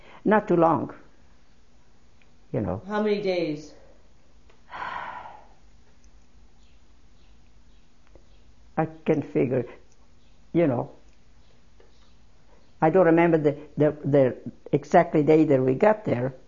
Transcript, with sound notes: Not too long, you know.
How many days?
( she sighs ) I can't figure. You know, I don't remember the exact date we got there.